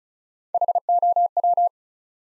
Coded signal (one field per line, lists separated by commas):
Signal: Morse code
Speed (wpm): 36 wpm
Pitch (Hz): 700 Hz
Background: none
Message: HOW